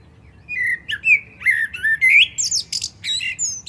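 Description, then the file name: Common blackbird delivering a rich fluted phrase of rising and falling whistles, finishing with a scratchy, very high twittering flourish. "Turdus merula"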